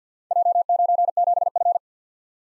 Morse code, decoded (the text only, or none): J97F